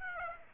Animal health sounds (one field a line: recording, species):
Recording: mosquito wingbeat signal from an infrared sensor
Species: Aedes aegypti